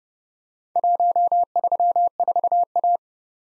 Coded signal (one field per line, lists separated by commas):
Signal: Morse code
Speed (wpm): 28 wpm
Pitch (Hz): 700 Hz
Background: none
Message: 134A